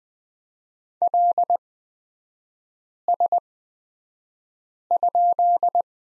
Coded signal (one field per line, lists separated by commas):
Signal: Morse code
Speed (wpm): 20 wpm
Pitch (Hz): 700 Hz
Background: none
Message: LS?